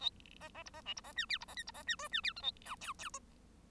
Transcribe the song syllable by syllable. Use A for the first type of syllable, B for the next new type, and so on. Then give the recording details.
A B B C B D C B E F C B G C B E H E F I A J K K. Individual Bird1